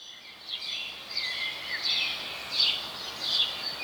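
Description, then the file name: House sparrow chirping, a few short high chirps spaced under a second apart above soft background noise. "Passer domesticus"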